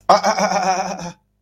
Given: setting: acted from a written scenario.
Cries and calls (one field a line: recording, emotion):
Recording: vocal sound without words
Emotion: contempt